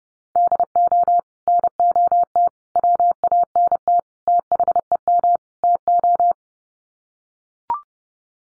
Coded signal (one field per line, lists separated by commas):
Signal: Morse code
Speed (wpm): 28 wpm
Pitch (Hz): 700 Hz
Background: none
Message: DO NOT WANT THEM TO